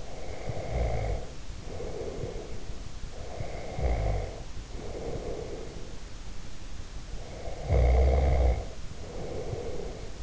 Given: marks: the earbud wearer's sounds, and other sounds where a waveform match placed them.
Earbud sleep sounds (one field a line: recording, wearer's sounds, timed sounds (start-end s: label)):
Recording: sounds in sleep by an in-ear microphone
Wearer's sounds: snoring breath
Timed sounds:
0.00-2.76 s: snoring breath
3.02-6.05 s: snoring breath
7.15-10.23 s: snoring breath